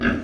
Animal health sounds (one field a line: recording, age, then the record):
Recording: pig call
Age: growing-finishing pig (85 days or more)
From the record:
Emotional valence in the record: negative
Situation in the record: barren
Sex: male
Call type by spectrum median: low-frequency call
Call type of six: low-frequency modulated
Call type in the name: low-frequency modulated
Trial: 2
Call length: 0.24 s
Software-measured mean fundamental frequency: 58 Hz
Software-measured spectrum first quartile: 243 Hz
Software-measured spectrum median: 606 Hz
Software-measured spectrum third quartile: 1628 Hz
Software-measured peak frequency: 247 Hz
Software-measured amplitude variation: 123 dB a second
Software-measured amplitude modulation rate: 16.4 a second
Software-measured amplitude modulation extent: 7.5 dB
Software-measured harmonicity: 2.6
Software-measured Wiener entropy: -1.89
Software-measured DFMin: 819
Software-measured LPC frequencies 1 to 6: 280, 1577, 2687, 3473, 4672, 5778 Hz